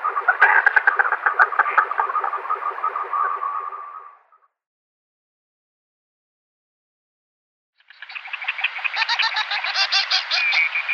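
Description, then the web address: Goosander display calls, two bursts of quick rattling, frog-like croaks separated by several seconds of silence, the second burst higher and harsher. "Schulze Peter Goosander display"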